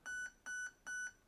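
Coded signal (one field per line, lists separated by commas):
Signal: beep code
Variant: airsoft HALL ETU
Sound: three short equal electronic beeps, evenly spaced, with clicks at each start and end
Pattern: 3 short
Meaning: Three beeps mean three-round burst mode is selected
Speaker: we got three beeps so three beeps means we're in three round burst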